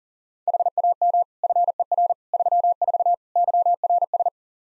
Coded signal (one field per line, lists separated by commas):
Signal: Morse code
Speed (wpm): 40 wpm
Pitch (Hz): 700 Hz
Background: none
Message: HAM FER 34 YRS